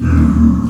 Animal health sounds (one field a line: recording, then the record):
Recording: squeal of a Yucatan mini pig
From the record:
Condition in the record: after surgery on the right vocal fold (resection and tissue-engineered implant)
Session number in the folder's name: 11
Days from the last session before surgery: 98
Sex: female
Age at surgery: 19 weeks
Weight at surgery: 25 kg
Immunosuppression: prednisolone